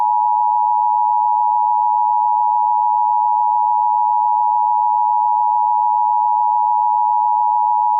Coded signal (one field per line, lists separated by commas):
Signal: Emergency Alert System (SAME) tones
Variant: 853 and 960 Hz attention tone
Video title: Kodiak, Alaska Tsunami Warning EAS MOCK